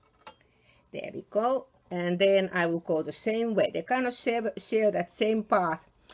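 On a serger, the number two needle thread is laid in the middle slot and pulled behind the thread-guide hook, catching with a short click at 0.3 s. Someone then talks. The thread is seated in the guide hook.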